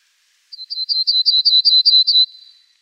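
Pine bunting song phrase: a rapid, evenly spaced series of high double chips, growing louder, with no final drawn-out note.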